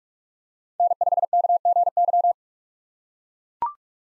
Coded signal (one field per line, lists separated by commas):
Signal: Morse code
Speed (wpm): 42 wpm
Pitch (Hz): 700 Hz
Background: none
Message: N5KGY